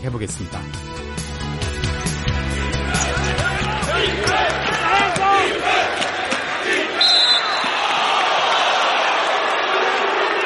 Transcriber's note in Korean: 녹취: nba 농구 경기 현장음